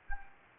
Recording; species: mosquito wingbeat signal from an infrared sensor; Anopheles gambiae